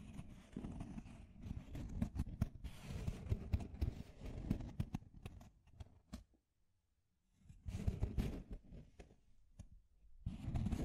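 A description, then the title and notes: Deep scratching sounds in rough, dense bursts, heaviest in the low range with sharp clicks and scrapes on top. Steady scratching runs for about six seconds, stops into near silence around the seventh second, then resumes at about 7.5 seconds and again near the end. Deep Scratching. (No Talking).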